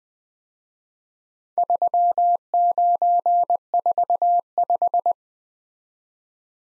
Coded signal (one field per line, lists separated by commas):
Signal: Morse code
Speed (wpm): 20 wpm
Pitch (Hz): 700 Hz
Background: none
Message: 3945